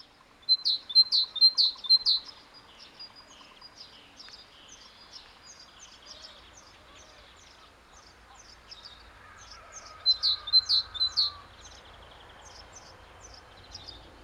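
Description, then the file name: Great tit song: quick, high, repeated two-note phrases, loudest in two bursts with fainter phrases between. "Parus major"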